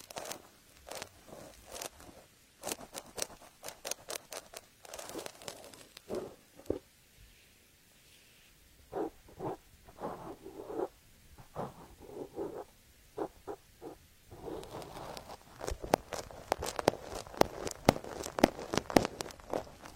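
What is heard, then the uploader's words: Ear-picking sounds: dry scratches and soft scraping strokes, with short crisp clicks scattered throughout. Strokes come in quick irregular bursts, thin out with brief quiet gaps around the middle, then grow denser and crackly toward the end. Super comfortable 3D ear picking, immersive feeling.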